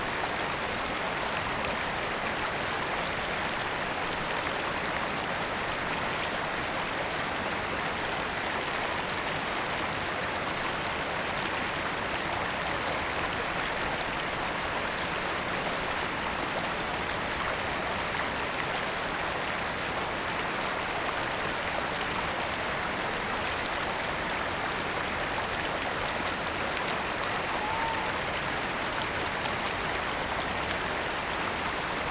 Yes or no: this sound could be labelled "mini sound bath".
no